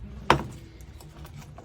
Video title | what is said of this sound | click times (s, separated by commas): Step-by-Step Guide: Installing Seatbelt Restraints to Patient Transport Van | here so lifting up putting in the groove clicking in place | 0.3 s